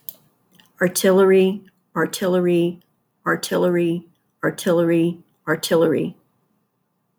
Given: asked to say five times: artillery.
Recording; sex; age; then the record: repeated word; female; 50 to 59 years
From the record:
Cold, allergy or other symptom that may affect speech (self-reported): no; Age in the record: 52 years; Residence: Texas, United States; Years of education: 14